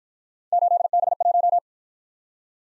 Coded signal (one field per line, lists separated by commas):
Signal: Morse code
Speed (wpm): 53 wpm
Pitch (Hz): 700 Hz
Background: none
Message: 8B1